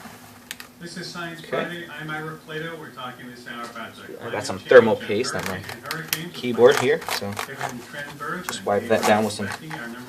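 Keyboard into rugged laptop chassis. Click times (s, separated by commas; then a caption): 0.5 s, 0.6 s. A Panasonic CF-Y2 Toughbook rugged laptop's keyboard is pushed back and down into the top case during a hard drive replacement until its clips engage. Two sharp snaps are heard close together at 0.5 s and 0.6 s as the keyboard seats into place, and then someone talks.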